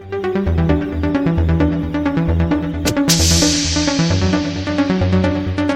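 An electronic music track plays alone, with steady pulsing synth notes over a deep bass line and a bright whooshing sweep rising up about halfway through.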